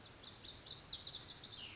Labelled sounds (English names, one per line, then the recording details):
Lazuli Bunting
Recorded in Sonoma County, California